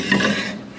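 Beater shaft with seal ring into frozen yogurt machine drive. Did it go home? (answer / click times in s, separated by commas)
no / none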